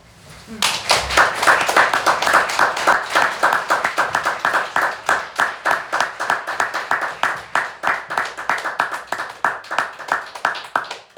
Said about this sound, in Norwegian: Da gjør vi det sånn at vi gir en god applaus til alle disse fire deklamatørene.